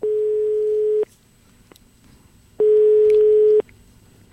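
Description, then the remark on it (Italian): A telephone ringing tone on the line as Radio 24 calls Gino Paoli: a steady mid-pitched electronic beep lasting about a second, repeated twice with pauses between, and a third starting at the end. No one speaks. “Ecco, qui lo abbiamo Radio 24, l'ho anche pescato per telefono Gino Paoli, e qui abbiamo un file per sentire un secondo come reagisce Gino Paoli.”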